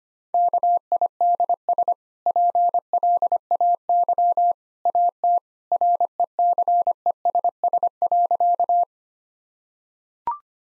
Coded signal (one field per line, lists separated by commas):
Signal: Morse code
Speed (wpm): 25 wpm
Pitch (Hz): 700 Hz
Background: none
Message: KIDS PLAY AT RECESS.